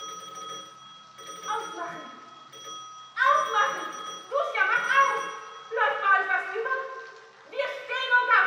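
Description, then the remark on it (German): A doorbell rings on and on at Latunsky's apartment, a steady shrill tone that keeps sounding while bursts of louder, pulsing ringing and muffled voices swell over it in repeated waves. “Das Hausmädchen Quandt lief kreischend zur Tür, ins Treppenhaus, und in Latunskys Wohnung hub an ein wahres Klingelkonzert. Da klingeln sie.”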